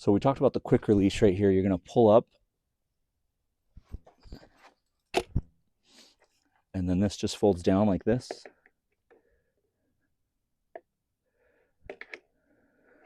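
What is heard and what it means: Someone talks while pulling up the quick-release lever on an electric scooter and folding the stem down toward its metal folding latch, with scattered handling clicks and knocks. Nothing has seated or clicked into the fold lock yet.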